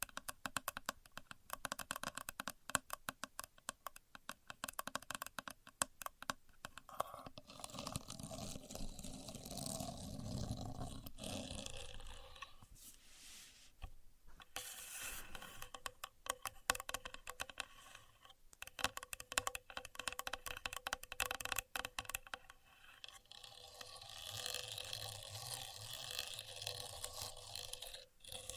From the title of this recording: Using A Contour Gauge (No Talking)